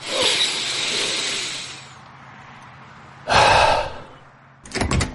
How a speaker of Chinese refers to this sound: 孟昭推门走进监控室，任斌正坐在椅子上，戴着耳机，透过双面镜监看着隔壁的审讯过程。听到门响，任斌回头看了一眼，然后愣了。